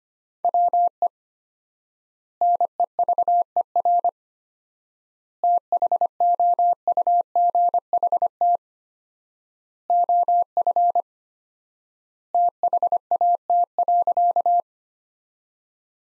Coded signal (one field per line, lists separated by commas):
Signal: Morse code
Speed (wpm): 25 wpm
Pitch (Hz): 700 Hz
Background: none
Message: WE NEVER THOUGHT OF THAT.